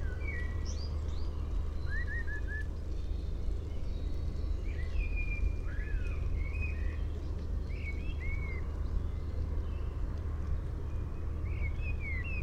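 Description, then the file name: Common blackbird giving short fluted whistles and slurred notes at irregular intervals over a continuous low hum. "Turdus merula"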